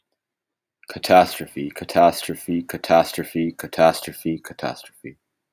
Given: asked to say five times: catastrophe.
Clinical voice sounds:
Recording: repeated word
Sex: male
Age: 20 to 29 years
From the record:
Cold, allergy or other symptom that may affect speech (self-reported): no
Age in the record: 24 years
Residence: Virginia, United States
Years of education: 15

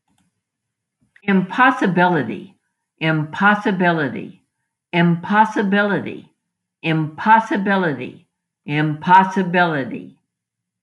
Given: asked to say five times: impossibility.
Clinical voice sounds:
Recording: repeated word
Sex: female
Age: 70 to 79 years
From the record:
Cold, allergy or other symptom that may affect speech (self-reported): no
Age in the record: 73 years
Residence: Texas, United States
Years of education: 20

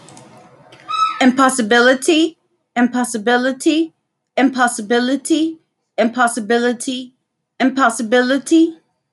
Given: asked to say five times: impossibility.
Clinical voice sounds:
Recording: repeated word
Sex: female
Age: 30 to 39 years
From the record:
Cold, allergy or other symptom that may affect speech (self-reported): no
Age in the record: 31 years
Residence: Texas, United States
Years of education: 16

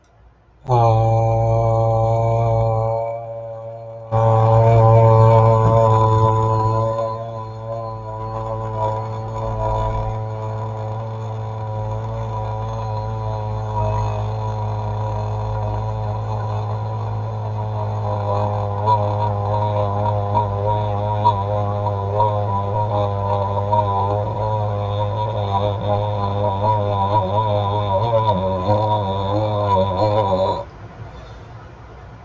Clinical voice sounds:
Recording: vowel held as long as possible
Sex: male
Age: 30 to 39 years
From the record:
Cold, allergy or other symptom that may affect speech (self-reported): no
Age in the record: 38 years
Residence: Oregon, United States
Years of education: 9

